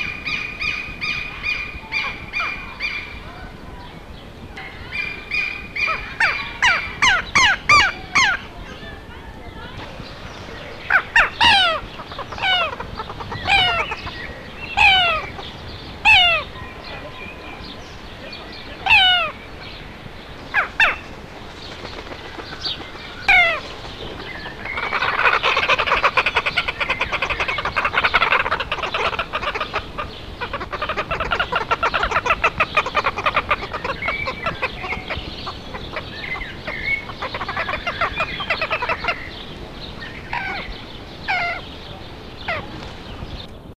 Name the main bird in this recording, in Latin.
Mesembrinibis cayennensis